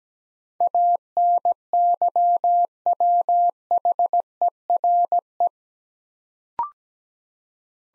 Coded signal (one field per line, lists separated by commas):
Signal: Morse code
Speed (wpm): 17 wpm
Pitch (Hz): 700 Hz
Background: none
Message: ANYWHERE